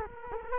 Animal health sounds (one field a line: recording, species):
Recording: mosquito wingbeat signal from an infrared sensor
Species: Culex quinquefasciatus